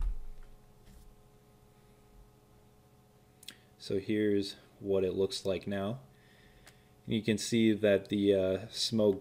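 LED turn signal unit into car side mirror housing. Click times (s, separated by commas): 3.4 s, 3.5 s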